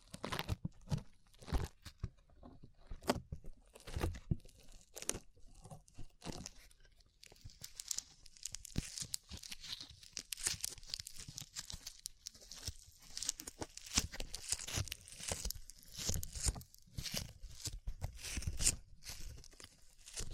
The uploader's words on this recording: ASMR SLIME IN YOUR EARS 3Dio Sticky Sounds (No Talking).